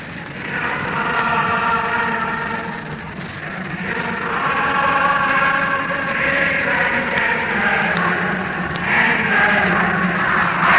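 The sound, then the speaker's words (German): A huge crowd on Wilhelmplatz in the Reich capital cheers and roars without a break over the Führer's return from the western combat zone, a dense wall of many voices that stays loud throughout and swells slightly past the midpoint, with no single speaker standing out. “Wir beenden die Übertragung unter dem nicht enden wollenden Jubel auf dem Wilhelmplatz und halten in das Funkhaus zurück.”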